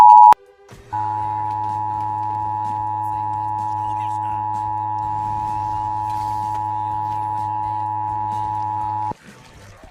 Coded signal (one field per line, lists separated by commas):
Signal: Emergency Alert System (SAME) tones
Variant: 853 and 960 Hz attention tone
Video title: EAS Mock #14: Tennessee Silver Alert